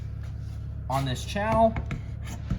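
A small fold-out table in the front section of a 2023 Forest River R-Pod 153 trailer is handled near its wall mounting channel while someone talks, with a short soft knock near 2.5 seconds. The table has not locked into the channel yet; nothing has seated or clicked.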